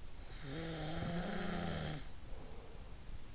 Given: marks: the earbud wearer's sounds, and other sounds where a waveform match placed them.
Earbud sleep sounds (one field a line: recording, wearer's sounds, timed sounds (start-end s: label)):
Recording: sounds in sleep by an in-ear microphone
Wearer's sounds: snoring breath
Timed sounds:
0.42-3.15 s: snoring breath